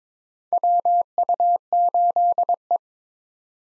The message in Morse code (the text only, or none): WU8E